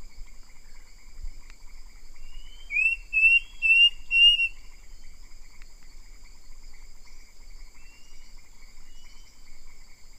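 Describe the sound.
Bird, whistled calls: a short run of sweet, slurred notes repeated about three times in quick succession, over a constant thin high-pitched hum.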